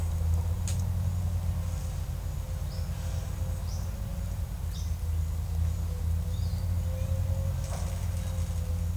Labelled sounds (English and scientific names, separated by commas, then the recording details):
none
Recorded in secondary vegetation near Puerto Asís, Putumayo, Colombia, on 16 December 2024 at 10:00
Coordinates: 0.499, -76.323
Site G010